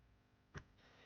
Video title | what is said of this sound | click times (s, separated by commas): Some Assembly Required: New Chair! Emerge Vartan Blue - 20230113 | You can feel it sort of popping. That's not a good feeling. | 0.6 s